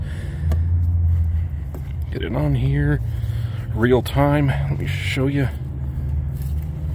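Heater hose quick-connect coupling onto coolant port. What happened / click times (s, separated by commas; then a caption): The hose connector is being handled and has not seated yet / none. On a 2012–2018 Ford Focus, the left coolant heater hose quick-connect coupling, fitted with a new O-ring, is handled by hand near its plastic port while someone talks over a steady low hum. Brief, faint handling sounds come through at about 0.5, 1.8, 2.0, 6.4 and 6.6 seconds. The clip ends before the coupling is pushed home, and nothing has seated or clicked yet.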